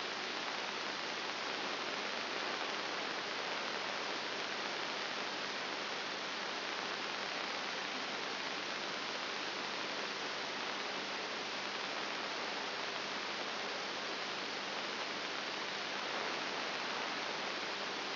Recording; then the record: brain microelectrode recording played as sound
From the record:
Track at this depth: inside the subthalamic nucleus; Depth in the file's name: 4.7 mm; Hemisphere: right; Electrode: 3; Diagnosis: Parkinson's disease